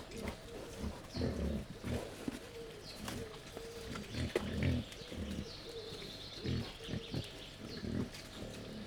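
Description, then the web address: Wild boar giving repeated low grunts and snorts. Wild boar at a laid-out feeding table in Jászberény Zoo, recorded 1 May 2015. "allathangok jaszberenyizoo 2015 professzionalis vaddiszno teritettasztal c 05 01"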